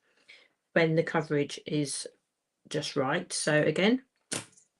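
Someone talks while an inked letterpress plate for the Spellbinders BetterPress is handled before being closed onto its platform, where it snaps in place ahead of being run through the machine. In this clip the plate has not snapped onto the platform yet; nothing has seated or clicked.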